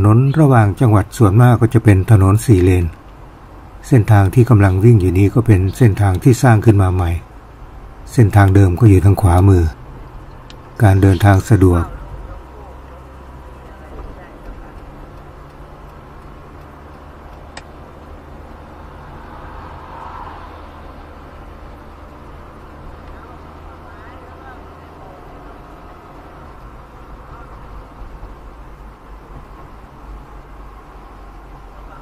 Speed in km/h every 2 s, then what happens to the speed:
70, 72, 72, 73, 74, 74, 75, 76, 77, 77, 77, 78, 78, 79, 79, 77.
0-32 speeds up to 77.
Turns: none.